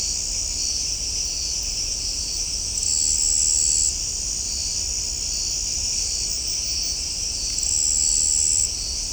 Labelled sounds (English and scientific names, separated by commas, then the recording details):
none
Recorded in shrubland near Pivijay, Magdalena, Colombia, on 4 June 2023 at 01:30
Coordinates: 10.453, -74.365
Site P5-G022